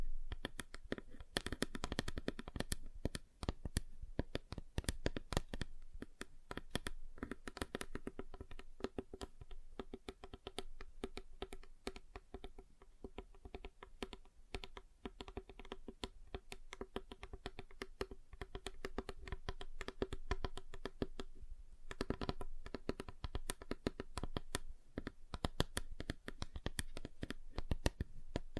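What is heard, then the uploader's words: Fingers tap rapidly and unevenly on a tabletop, dense clicks with brief louder flurries near 2, 8 and 22 seconds. ASMR Relaxing Table Tapping Different Surfaces (No Talking).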